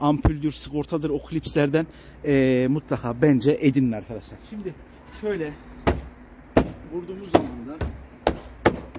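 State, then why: Seated. A plastic window switch trim piece on a Hyundai i20 door panel is pushed home with two sharp knocks at 8.3 s and 8.7 s while someone talks. The piece seats into place.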